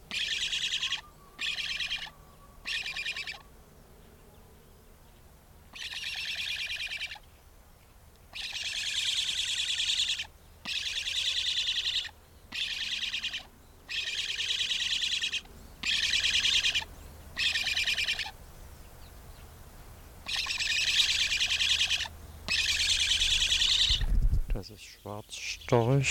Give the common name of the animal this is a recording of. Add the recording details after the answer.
Black Stork. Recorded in captivity. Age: juvenile. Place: Vogelpark Bad Rothenfelde, Niedersachsen, DE. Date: 1991-09-16 15:08. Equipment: Marantz, Sennheiser ME 80, Kopie Tesla B 116. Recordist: Tembrock, Günter